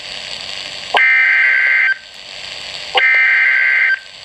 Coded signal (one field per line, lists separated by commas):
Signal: Emergency Alert System (SAME) tones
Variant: header bursts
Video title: Special Marine Warning (EAS #1,208)